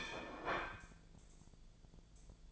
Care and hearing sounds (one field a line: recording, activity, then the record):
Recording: daily activity, microphone in the room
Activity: place plate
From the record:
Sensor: 5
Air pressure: 1009.5 hPa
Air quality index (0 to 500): 169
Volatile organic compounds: 4 ppm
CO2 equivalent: 1636 ppm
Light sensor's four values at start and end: 100/264/108/114 and 100/264/108/114